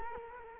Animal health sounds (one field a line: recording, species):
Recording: mosquito wingbeat signal from an infrared sensor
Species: Culex quinquefasciatus